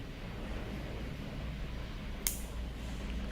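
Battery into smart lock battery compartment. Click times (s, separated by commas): 2.3 s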